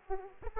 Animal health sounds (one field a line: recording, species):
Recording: mosquito wingbeat signal from an infrared sensor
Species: Aedes aegypti